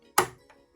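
A bobbin case is put back into the bobbin area of a John Lewis JL110SE sewing machine with its horn at the top. It clicks into place with a sharp snap at 0.2 s, followed by a faint tap at 0.5 s, and the case is seated.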